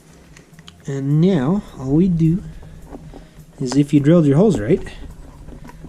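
A relocated air intake temperature sensor from a relocation kit, meant to fix hesitation and engine bog, is handled at a freshly drilled hole in the air intake of an Arctic Cat M8000 snowmobile. Someone talks over faint handling ticks and low background noise. Nothing has seated or clicked yet.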